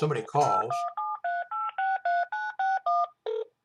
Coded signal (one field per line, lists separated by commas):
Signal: DTMF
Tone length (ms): 260 ms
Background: speech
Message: 8173863961